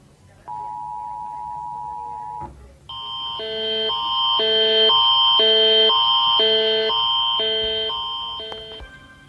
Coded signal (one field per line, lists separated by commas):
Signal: Emergency Alert System (SAME) tones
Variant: 853 and 960 Hz attention tone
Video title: Rating EAS Alarms! (READ DESC)